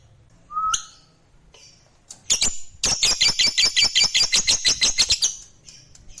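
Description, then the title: Lovebird giving a few scattered calls, including a short whistled rising note, then breaking into a fast, high trill lasting about two and a half seconds. Fighter lovebird giving a ngekek. "Begitu Dengar Suara Lovebird FIGHTER NGEKEK PANJANG"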